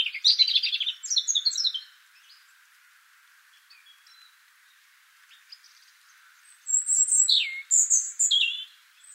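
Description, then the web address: European robin song with a rich opening warble of trilled notes, a quiet gap, then bright descending whistles and fast ringing phrases. "pub SETE data Erithacus rubecula"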